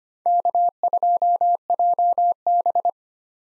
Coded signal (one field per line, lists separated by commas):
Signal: Morse code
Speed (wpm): 25 wpm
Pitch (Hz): 700 Hz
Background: none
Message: K2JB